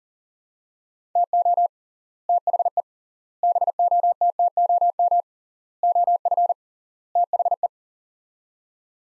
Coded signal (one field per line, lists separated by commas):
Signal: Morse code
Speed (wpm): 40 wpm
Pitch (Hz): 700 Hz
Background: none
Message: TO THE BOTTOM OF THE